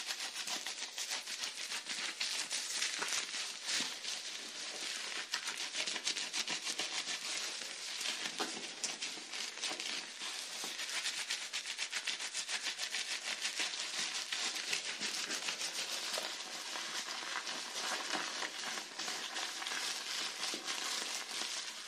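Hair being washed and rinsed: a dense, steady hiss of water and lather fills the whole clip, bright, with nothing deep underneath. Countless tiny crackling pops and squishes run through it constantly, with slight swells in intensity but no pauses.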